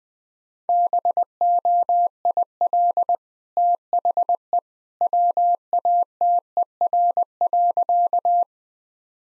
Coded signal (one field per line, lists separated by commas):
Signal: Morse code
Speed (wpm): 20 wpm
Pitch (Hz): 700 Hz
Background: none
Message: BOIL THE WATER.